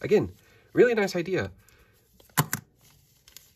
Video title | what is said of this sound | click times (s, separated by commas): Dragondress DX ver1.1 review | this part does not click on again very nitpicky but | none